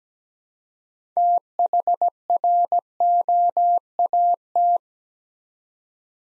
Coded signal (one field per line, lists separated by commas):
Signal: Morse code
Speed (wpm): 17 wpm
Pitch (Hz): 700 Hz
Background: none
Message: THROAT